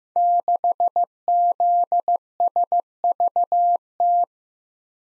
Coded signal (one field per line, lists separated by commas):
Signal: Morse code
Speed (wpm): 15 wpm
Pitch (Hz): 700 Hz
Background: none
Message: 6ZSVT